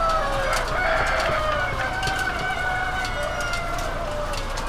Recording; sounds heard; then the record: poultry house recording; healthy chickens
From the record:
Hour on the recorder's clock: 20